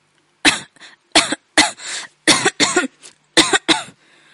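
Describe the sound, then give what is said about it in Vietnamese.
A fit of harsh, violent coughing from choking on spicy chili: about eight loud, rasping bursts in rapid clusters, each barking cough followed by a shorter one, with a wheezy catch of breath between them. “hò tới kinh thiên động địa”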